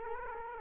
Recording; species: mosquito wingbeat signal from an infrared sensor; Culex quinquefasciatus